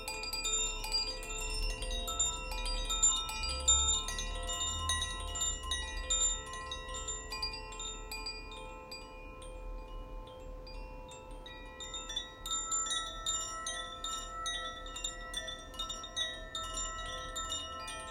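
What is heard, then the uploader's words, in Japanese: Chimes ring out in loose, overlapping strikes, bright metallic tones layering into a shimmering wash that lingers between hits. The striking is busiest early and again after about twelve seconds, thinning briefly in the middle. A soft low rumble sits underneath throughout. コシチャイム #ザフィアチャイム #倍音。チャイムを奏でてみました。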